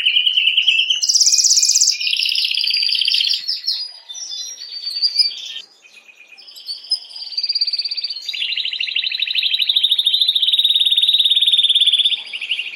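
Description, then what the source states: Canary song of long continuous rolling trills shifting between pitches, with a brief very high buzzy burst near the start and a short pause midway. Belgian mosaic canary.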